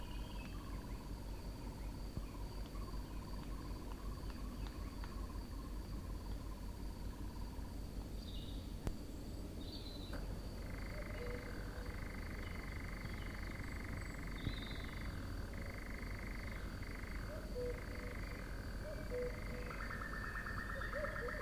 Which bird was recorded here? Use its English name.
Eurasian Nightjar